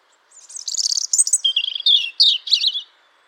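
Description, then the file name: European robin song, one long phrase of thin high whistles and rapid twittering trills, tumbling from very high notes to lower warbles over about two and a half seconds. "Erithacus rubecula"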